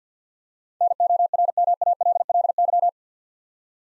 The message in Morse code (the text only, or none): NORMALLY